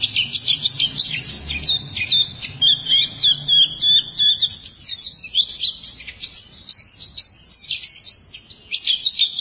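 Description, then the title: White-eye singing a fast, jumbled stream of high chirps and short whistled slurs, briefly quieter near the end. "Kicauan Burung Pleci Durasi Panjang"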